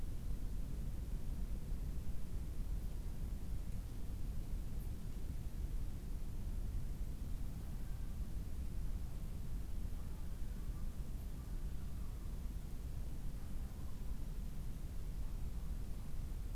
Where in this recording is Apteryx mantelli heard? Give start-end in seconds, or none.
none